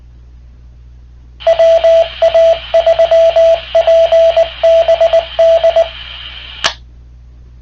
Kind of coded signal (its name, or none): Morse code